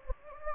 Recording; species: mosquito wingbeat signal from an infrared sensor; Anopheles gambiae